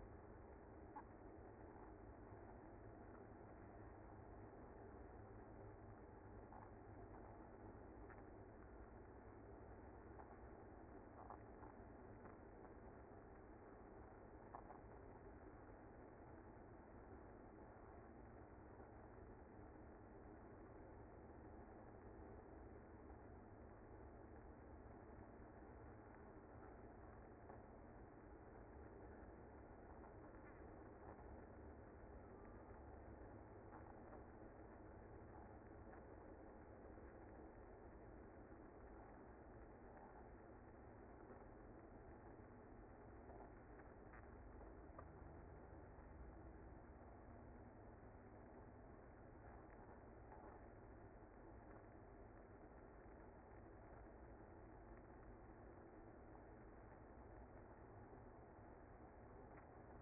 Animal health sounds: honeybee colony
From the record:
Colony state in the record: active

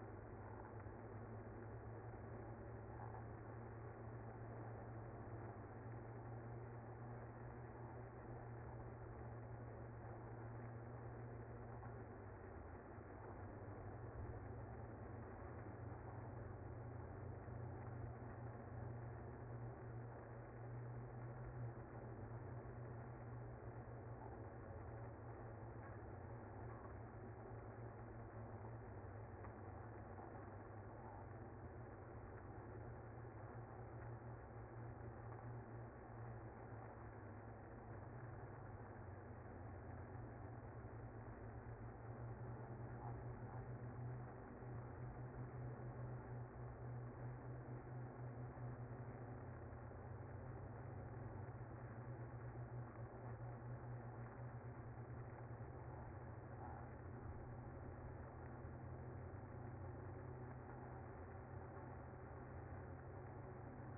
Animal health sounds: honeybee colony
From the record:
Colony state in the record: active

